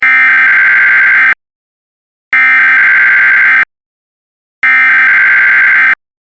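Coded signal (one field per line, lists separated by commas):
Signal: Emergency Alert System (SAME) tones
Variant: header bursts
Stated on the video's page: Mock EAS alert, possibly containing valid tones.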